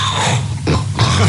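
Adult sleeper with obstructive sleep apnoea: after a 26-second pause in breathing, breathing resumes painfully, the sleeper struggling to take in air and succeeding.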